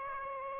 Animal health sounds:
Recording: mosquito wingbeat signal from an infrared sensor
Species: Aedes aegypti

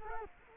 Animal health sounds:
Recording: mosquito wingbeat signal from an infrared sensor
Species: Culex quinquefasciatus

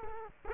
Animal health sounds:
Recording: mosquito wingbeat signal from an infrared sensor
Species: Culex quinquefasciatus

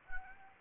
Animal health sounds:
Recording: mosquito wingbeat signal from an infrared sensor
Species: Anopheles gambiae

